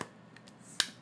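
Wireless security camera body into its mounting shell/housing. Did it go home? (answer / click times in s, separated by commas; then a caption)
yes / 0.8 s. After its battery is swapped or charged, a battery-powered Arlo wireless security camera body is pushed back into its plastic outer shell on the mount. A few small contact taps come first, near 0.0, 0.4 and 0.5 s, then a loud sharp click at 0.8 s as the camera snaps fully seated in the housing.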